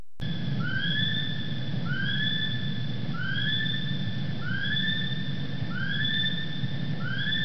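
Kiwi calling: a series of shrill, upslurred whistles repeated roughly every 1.3 seconds, about six in all, over a steady low rumbling background noise.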